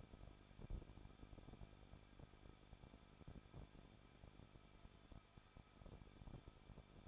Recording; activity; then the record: daily activity, microphone in the room; no activity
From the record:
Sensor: 5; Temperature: 20.9 degrees Celsius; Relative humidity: 38.2%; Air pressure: 1006.5 hPa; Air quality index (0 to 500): 186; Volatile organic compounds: 18 ppm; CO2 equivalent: 2602 ppm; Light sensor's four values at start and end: 2/3/1/1 and 2/3/1/1